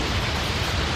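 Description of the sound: Steady, even hiss with a low rumble: a simulation of the tinnitus a person hears most of the day, meant to be listened to with the left ear closed off.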